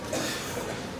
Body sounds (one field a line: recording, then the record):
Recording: coughing mixed with background sound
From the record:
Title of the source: Cough Around the Clock!